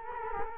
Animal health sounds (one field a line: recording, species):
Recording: mosquito wingbeat signal from an infrared sensor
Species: Culex quinquefasciatus